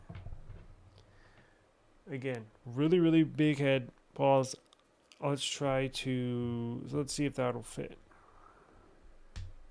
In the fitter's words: Wow, it sure does. Snaps right in there.